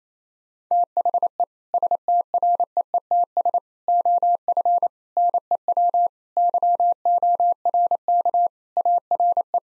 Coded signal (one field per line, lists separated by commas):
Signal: Morse code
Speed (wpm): 28 wpm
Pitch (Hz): 700 Hz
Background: none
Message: THE STREETS OF NEW YORK ARE